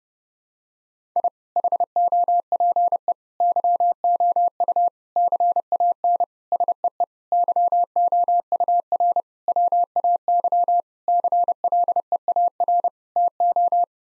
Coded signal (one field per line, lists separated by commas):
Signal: Morse code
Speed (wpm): 30 wpm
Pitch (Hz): 700 Hz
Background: none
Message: I HOPE YOU CAN SEE YOUR WAY CLEAR TO